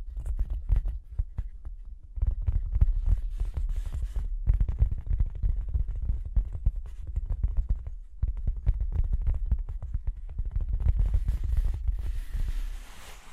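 Tapping and scratching sounds come as dense clusters of quick, irregular clicks over a heavy low thumping rumble. Activity runs in bursts with short pauses near the 4 and 8 second marks, and a brighter scraping texture appears toward the end.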